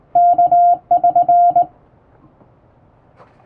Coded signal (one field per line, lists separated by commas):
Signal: Morse code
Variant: Japanese Wabun code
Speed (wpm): 20 wpm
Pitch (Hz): 700 Hz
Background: none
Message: ワ<SN>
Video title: 【モールス符号縦振り電鍵の基本的な打ち方】手打ちで基本に忠実に打ってみました！綺麗な符号で打てるとカッコイイですよ！和文モールス符号を電報練習帳で打っています(morse code practice)